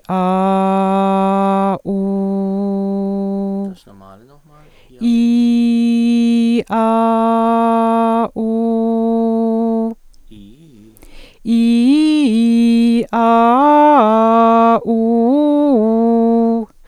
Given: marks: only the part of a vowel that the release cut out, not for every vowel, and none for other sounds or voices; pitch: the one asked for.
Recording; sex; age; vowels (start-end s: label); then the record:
sustained vowels; female; 50 to 59 years
0.29-1.59 s: vowel /a/, low pitch
2.05-3.62 s: vowel /u/, low pitch
11.59-12.75 s: vowel /i/, low-high-low pitch
13.26-13.96 s: vowel /a/, low-high-low pitch
14.99-16.42 s: vowel /u/, low-high-low pitch
From the record:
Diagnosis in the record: dysphonia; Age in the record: 56 years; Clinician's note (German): Funktionelle Dsyphonie